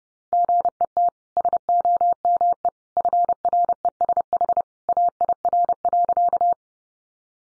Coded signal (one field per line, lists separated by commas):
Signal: Morse code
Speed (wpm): 30 wpm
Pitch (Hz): 700 Hz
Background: none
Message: GET SOME FRESH AIR.